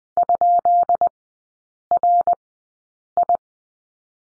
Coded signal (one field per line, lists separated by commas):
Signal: Morse code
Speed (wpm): 20 wpm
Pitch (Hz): 700 Hz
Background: none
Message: ?RI